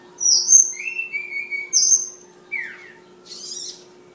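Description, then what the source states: Flowerpecker song of very high thin whistles and lower drawn-out slurs, a quick downward swoop, then a short scratchy buzz, with a constant faint hum beneath. Tledekan named Ababil, from Kudus, singing in sulingan (flute-like) style.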